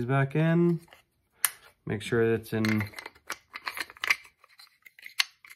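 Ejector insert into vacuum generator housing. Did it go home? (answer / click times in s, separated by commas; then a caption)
yes / 5.2 s. Someone talks while the multi-stage ejector insert of a Piab PiClassic pneumatic vacuum generator is pushed back into its housing, with light handling clicks and taps. At 5.2 s a sharp snap is heard as the insert engages on the pressure port side, its tight retainer ring confirming it is fully seated.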